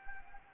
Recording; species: mosquito wingbeat signal from an infrared sensor; Anopheles arabiensis